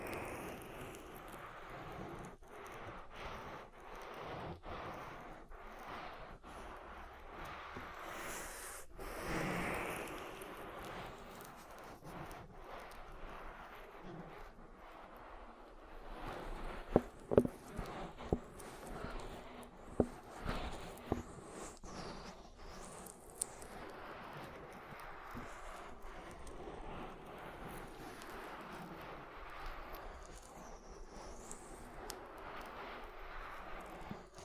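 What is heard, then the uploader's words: Slippery rubbing and squishing of oiled hands on an ear, a soft continuous wet friction through the whole clip. Sharp clicks and taps stand out around the seventeenth and twentieth seconds, with a smoother, airier swirl near the ninth second. ASMR Oil Ear Massage for Deep Relaxation (No Talking).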